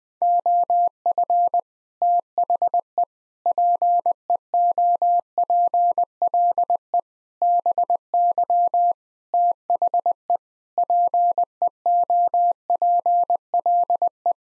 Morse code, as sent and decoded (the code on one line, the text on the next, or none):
--- ..-. / - .... . / .--. . --- .--. .-.. . / -... -.-- / - .... . / .--. . --- .--. .-.. .
OF THE PEOPLE BY THE PEOPLE